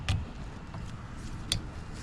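The second wiper blade is slid onto the windshield wiper arm of a 2009–2014 Ford F-150, with a sharp tap near 0.1 s and a fainter one near 0.7 s over a low rumble. At 1.5 s a bright, crisp snap is heard as the blade seats home on the arm.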